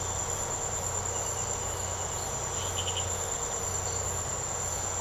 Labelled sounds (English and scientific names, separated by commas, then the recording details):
none
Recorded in secondary vegetation near Puerto Asís, Putumayo, Colombia, on 13 March 2025 at 05:30
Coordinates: 0.468, -76.324
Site G059